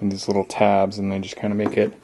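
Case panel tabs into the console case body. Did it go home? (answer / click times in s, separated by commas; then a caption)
no / none. Someone talks while handling the small tabs of a panel for a homemade Xbox console case, about to press them into the case body. Only speech is heard; nothing has seated or clicked yet.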